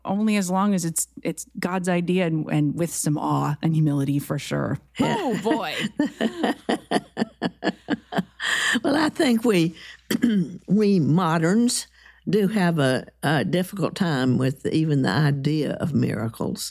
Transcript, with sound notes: only as long as it's—it's God's idea, and with some awe and humility for sure. Oh, boy!
[Laughs] Well, I think we—we moderns do have a difficult time with even the idea of miracles.